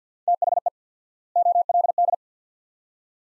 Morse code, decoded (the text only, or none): THE OLD